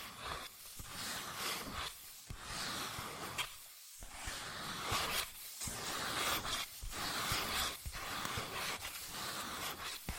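Fast tapping, scratching and tracing on cardboard and paper, a dense, busy rustle with bright, crisp scraping strokes. Short gaps break the sound around one, two, four and five and a half seconds before the scratching resumes at a fairly even level.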